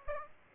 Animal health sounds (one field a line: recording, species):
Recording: mosquito wingbeat signal from an infrared sensor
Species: Aedes aegypti